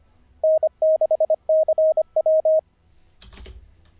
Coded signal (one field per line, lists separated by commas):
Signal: Morse code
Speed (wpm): 25 wpm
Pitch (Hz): 630 Hz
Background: none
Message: N6CW